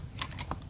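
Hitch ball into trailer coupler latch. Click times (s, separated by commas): 0.2 s, 0.5 s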